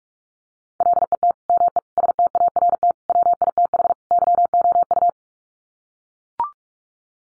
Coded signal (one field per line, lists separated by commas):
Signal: Morse code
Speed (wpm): 44 wpm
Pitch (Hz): 700 Hz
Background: none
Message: LET ME START WITH YOU